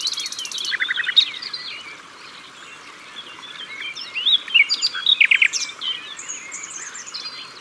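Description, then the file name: Common nightingale song starts with a buzzy trill and a few chirps, then a quieter stretch before loud whistled notes return. Recorded at the water's edge. "Rossignol philomele Au bord de leau"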